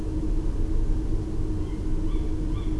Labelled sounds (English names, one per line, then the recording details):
Tawny Owl
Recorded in Germany
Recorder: ecoPi